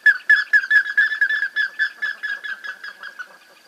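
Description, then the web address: Plumbeous ibis uttering a series of ringing whistled notes that start loud and gradually fade over a few seconds. "Plumbeous ibis. صدای-پرنده-اکراس-سربی"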